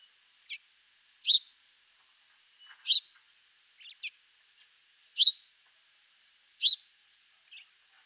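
House sparrow chirping, a handful of bright, clipped notes spread over several seconds, a few paired and some fainter, against a quiet background.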